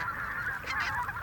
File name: Белолобый базар